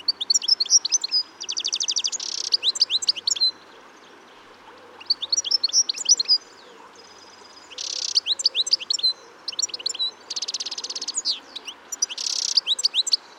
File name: Carduelis carduelis